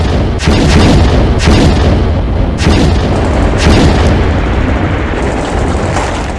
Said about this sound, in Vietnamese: Được đạn phóng lựu nữa lại nổ tứ bề, chứng này. Ở dưới chúng đã chỉnh, nên có phần chính xác hơn.